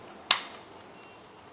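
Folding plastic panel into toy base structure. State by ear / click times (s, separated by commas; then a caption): seated / 0.3 s. A plastic section of the Acid Rain B2.5 Stealth Stronghold ST2e toy base is folded flat and pressed until it locks into position. A single sharp, bright click lands at 0.3 s and decays quickly into quiet background. The panel seats in place.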